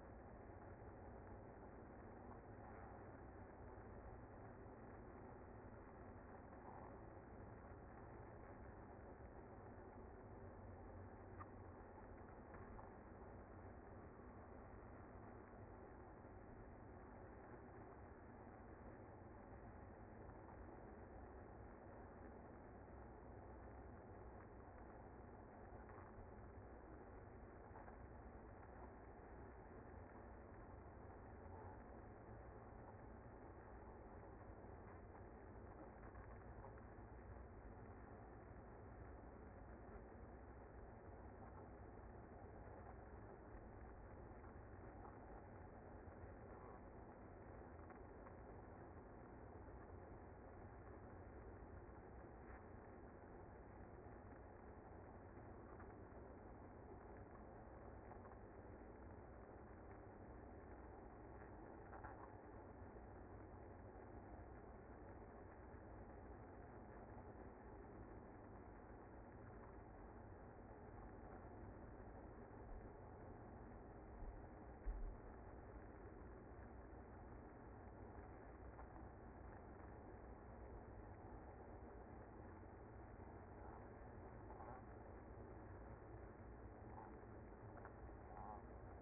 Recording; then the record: honeybee colony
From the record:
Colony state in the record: active